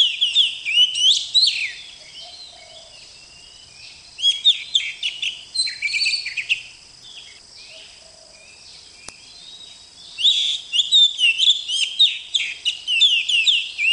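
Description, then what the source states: Oriental magpie-robin song: rich bursts of varied whistles, trills and chirps, mostly high-pitched, delivered in fast phrases separated by two longer quiet gaps. Master recording used as a song tutor.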